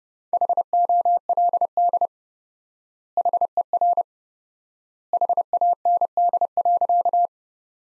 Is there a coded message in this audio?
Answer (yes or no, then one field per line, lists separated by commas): yes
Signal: Morse code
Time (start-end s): 0.3-7.3 s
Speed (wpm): 32 wpm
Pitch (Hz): 700 Hz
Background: none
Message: HOLD HER HAND.